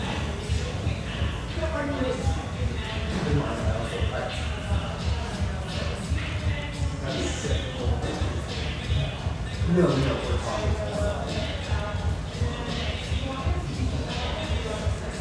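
A busy coffee shop with a dense, steady murmur of many overlapping voices and no pauses. Scattered clinks, shuffles and footsteps break through, with a brief louder burst of sound near ten seconds. The crowd noise stays fairly even throughout.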